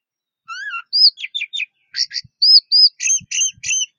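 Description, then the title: Orange-headed thrush song: quick run of varied phrases, a low slurred whistle, buzzy notes and repeated high chirps in close succession. "Anis Merah"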